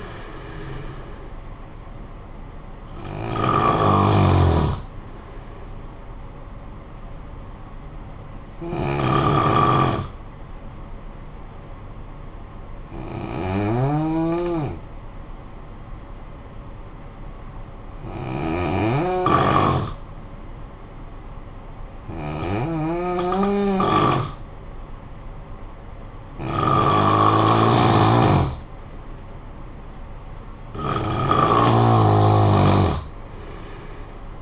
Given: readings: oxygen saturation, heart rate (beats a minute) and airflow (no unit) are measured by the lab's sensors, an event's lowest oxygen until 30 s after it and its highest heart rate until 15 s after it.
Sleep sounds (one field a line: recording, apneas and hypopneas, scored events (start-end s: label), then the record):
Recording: breathing in sleep by a smartphone at the bedside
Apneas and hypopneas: 1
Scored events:
11.00-25.80 s: hypopnea (N2, oxygen 95% highest, then 90% lowest, heart rate 52 at the start, 57 highest)
From the record:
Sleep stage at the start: N2 (light sleep)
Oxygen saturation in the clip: 89 to 95%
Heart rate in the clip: 52 to 77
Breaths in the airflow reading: 7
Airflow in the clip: -11.0 to 7.1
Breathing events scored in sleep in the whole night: 445 in 7.6 hours asleep